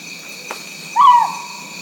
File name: Otus jolandae song